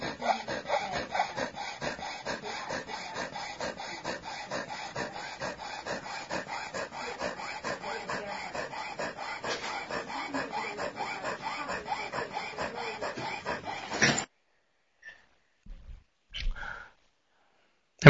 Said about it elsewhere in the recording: That's a breathing sound called stridor, first of all. It's a sort of a grating noise, a harsh noise that you can hear with changes in flows of air through the upper airway, larynx, trachea, bronchi. It was laryngeal paralysis. These muscles that normally work, the cricoarytenoideus muscles.